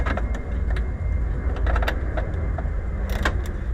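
A plastic wiring connector for a factory keyless entry module is pushed into the module while installing keyless entry in a Dodge Ram van, over a steady low rumble with small plastic taps and rattles. A sharp click comes at 3.3 s, but the connector is in and not fully seated.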